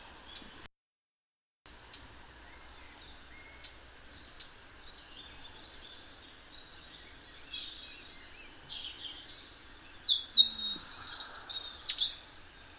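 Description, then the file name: European robin song: scattered faint thin notes, then a loud, high, tumbling phrase near the end. "Erithacus rubecula"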